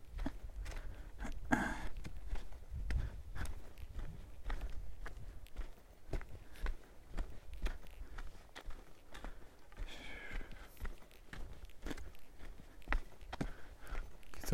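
A daily walk in the forest: steady crunching footsteps, low rumble beneath, and brief brighter rustling bursts near the start and around ten seconds.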